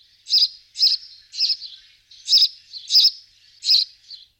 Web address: jadelmo pajaros Gorrion comun